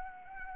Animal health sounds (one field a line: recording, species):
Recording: mosquito wingbeat signal from an infrared sensor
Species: Anopheles arabiensis